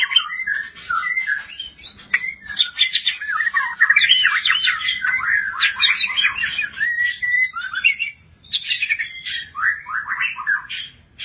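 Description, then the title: White-rumped shama song, a long, rich medley of fast warbled and whistled notes with quick rising and falling slurs, briefly pausing near eight seconds before resuming. "Kicau Murai Batu"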